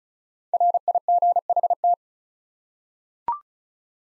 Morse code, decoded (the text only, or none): RIGHT